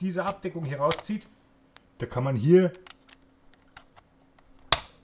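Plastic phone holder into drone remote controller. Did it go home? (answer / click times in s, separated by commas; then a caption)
yes / 4.7 s. A plastic phone holder is clipped into the remote controller of a Maginon QC 707SE WiFi quadcopter drone after a cover on the controller is pulled out. Someone talks during the first three seconds, a few faint ticks and taps follow, and a sharp loud click at 4.7 s marks the holder seating into the controller.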